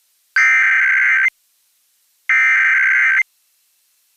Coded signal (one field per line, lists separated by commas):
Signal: Emergency Alert System (SAME) tones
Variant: header bursts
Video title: Massachusetts Monthly Test on WWEI Easthampton, Massachusetts (105.5 WEEI) (1/3/23) (EAS #76)